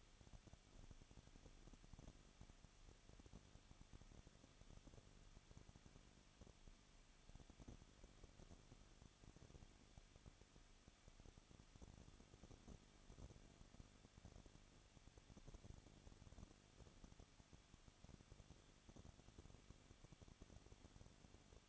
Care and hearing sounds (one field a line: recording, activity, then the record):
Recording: daily activity, microphone in the room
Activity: no activity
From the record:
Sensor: 4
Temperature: 23.0 degrees Celsius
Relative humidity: 34.2%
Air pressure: 1007.2 hPa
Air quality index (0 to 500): 217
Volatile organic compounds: 15 ppm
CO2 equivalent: 2509 ppm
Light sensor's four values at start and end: 2/3/1/1 and 2/3/1/1